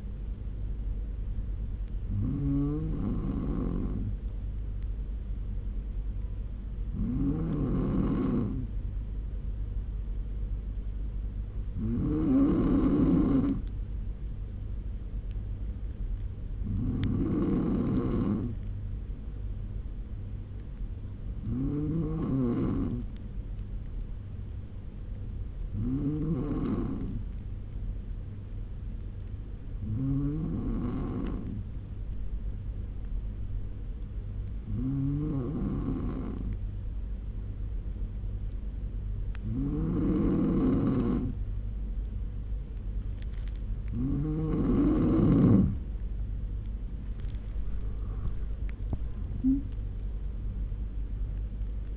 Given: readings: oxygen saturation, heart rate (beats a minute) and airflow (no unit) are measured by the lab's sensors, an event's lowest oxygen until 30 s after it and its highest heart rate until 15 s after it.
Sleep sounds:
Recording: breathing in sleep by a smartphone at the bedside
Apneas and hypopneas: 1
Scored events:
29.00-47.50 s: hypopnea (N2, oxygen 95% highest, then 93% lowest, heart rate 76 at the start, 86 highest)
From the record:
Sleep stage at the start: N2 (light sleep)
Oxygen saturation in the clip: 94 to 95%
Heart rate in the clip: 68 to 86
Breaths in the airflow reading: 11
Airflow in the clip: -9.8 to 10.5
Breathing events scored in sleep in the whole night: 201 in 6.5 hours asleep

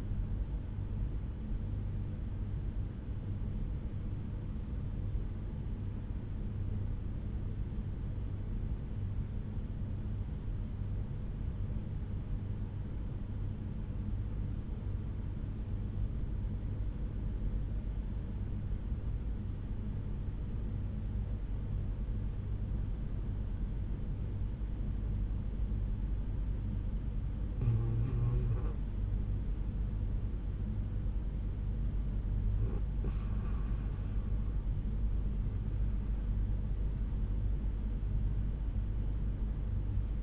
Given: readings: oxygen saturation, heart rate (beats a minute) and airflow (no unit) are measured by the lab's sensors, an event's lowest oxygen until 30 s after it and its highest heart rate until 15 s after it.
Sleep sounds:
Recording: breathing in sleep by a smartphone at the bedside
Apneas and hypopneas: 1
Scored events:
5.00-32.00 s: obstructive apnea (N1, oxygen 96% highest, then 80% lowest, heart rate 62 at the start, 82 highest)
15.00-40.23 s: new sleep stage, REM sleep
From the record:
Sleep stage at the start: N1 (lightest sleep)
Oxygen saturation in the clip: 88 to 96%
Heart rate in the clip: 61 to 82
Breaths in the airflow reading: 2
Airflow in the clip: -9.0 to 10.9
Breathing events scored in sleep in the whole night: 368 in 8.0 hours asleep

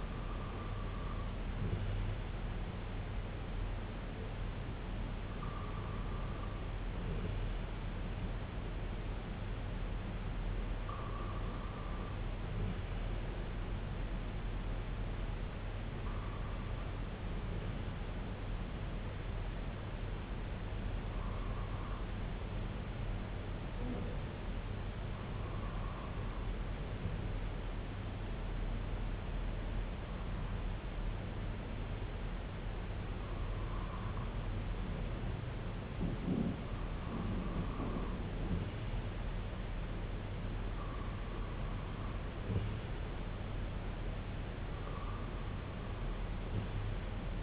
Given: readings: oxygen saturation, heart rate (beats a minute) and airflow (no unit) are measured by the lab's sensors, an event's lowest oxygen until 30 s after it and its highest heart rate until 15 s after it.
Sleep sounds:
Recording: breathing in sleep by a voice recorder at the bedside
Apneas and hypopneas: 1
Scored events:
20.00-42.90 s: hypopnea (REM, oxygen 98% highest, then 95% lowest, heart rate 61 at the start, 71 highest)
From the record:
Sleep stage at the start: REM sleep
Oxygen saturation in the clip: 95 to 99%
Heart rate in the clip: 58 to 67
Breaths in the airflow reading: 11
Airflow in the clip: -5.3 to 3.1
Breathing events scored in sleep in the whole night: 258 in 7.4 hours asleep

